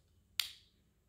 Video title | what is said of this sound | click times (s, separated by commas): EASY-PEASY! Autosoft 90 and Tandem Tslim insulin pump infusion site change! | and you're gonna hear click okay | 0.4 s